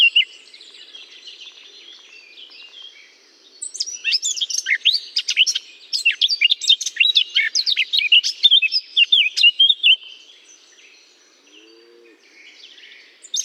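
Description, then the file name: Eurasian blackcap warbling song starting after a quiet lead-in, a six-second stream of quick varied notes, then silence broken by a faint low sound. Singing in holly. "chant de fauvette a tete noire dans houx"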